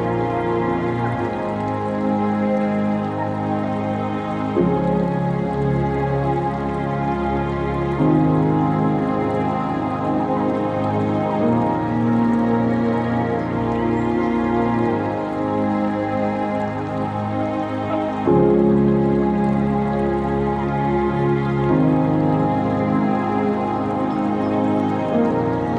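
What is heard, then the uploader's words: Gentle tunes hold long, steady chords that shift every few seconds, over a faint, even trickle of water that never stops. Sounds of trickling water and gentle tunes.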